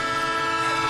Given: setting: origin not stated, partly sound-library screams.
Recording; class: one-second piece from a danger detection set; normal situation